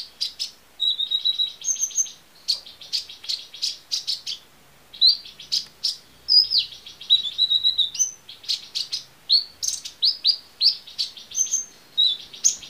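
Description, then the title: Small bird singing a fast, high-pitched chattering song of buzzy trills and sharp chirps in rapid bursts, with brief pauses between phrases. "Burung Kecil"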